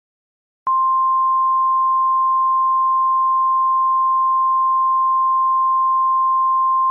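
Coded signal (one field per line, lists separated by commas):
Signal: Emergency Alert System (SAME) tones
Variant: 1050 Hz attention tone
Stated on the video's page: Fictional EAS scenario about a storm from a game.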